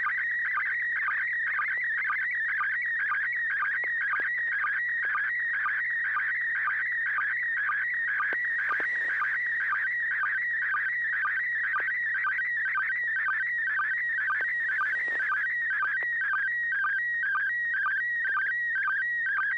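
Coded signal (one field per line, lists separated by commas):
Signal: SSTV (slow-scan television)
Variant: PD120 mode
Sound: continuous warbling tone shifting between pitches, with short low blips about twice a second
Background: low steady hum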